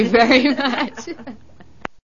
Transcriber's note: they laugh